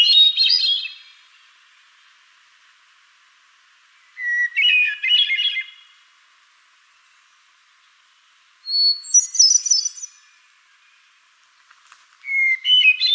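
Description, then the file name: Hermit thrush giving four ethereal song phrases, held whistles with swirling fluty flourishes, shifting pitch between phrases and spaced by pauses of a few seconds. "HETH song"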